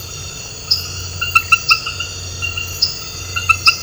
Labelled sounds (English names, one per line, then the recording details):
none
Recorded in dense forest near Puerto Asís, Putumayo, Colombia, on 19 March 2025 at 00:00
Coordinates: 0.468, -76.322
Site GP01